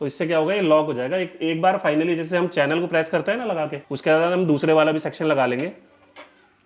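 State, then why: Not seated. The second metal side of a tandem box drawer is being handled and pressed down onto the runner channel, while someone talks throughout with a short faint sound near the end. Nothing has seated or locked yet.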